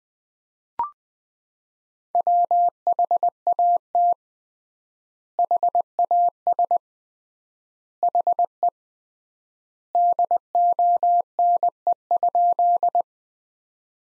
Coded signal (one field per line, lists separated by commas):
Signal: Morse code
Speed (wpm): 20 wpm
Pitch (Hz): 700 Hz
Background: none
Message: WHAT HAS HE DONE?